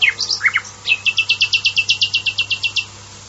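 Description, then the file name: Common nightingale delivering a brisk phrase: a few twisting notes followed by a steady, rapid series of many identical sharp notes. "usignolo"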